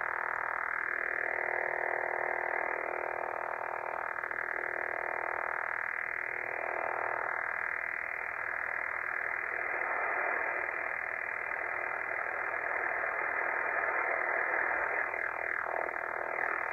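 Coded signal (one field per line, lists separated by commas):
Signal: radar signal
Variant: over-the-horizon radar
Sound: steady harsh rasping buzz filling the whole receiver passband, no pauses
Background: radio static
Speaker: Over the Horizon radar that's currently wipe it out a pretty big portion of the 40 meter band at my qth here in northern England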